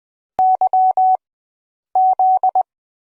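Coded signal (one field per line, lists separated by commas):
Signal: Morse code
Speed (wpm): 20 wpm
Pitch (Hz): 750 Hz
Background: none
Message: Y Z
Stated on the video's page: Morse code sound effect.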